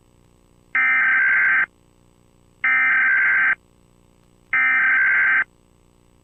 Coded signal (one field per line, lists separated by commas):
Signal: Emergency Alert System (SAME) tones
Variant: header bursts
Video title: EAS alarm with youtuber intro for @AAAshley86ThuNderBirD